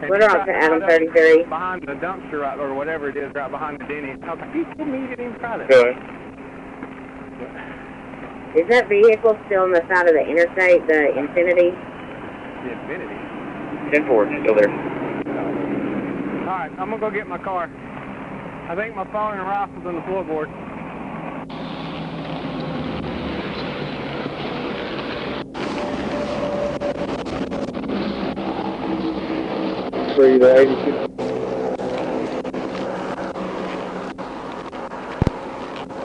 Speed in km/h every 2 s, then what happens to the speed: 0, 0, 0, 0, 0, 0, 0, 0, 0, 0, 0, 0, 0, 0, 0, 0, 0, 0.
0-36 standing.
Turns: none.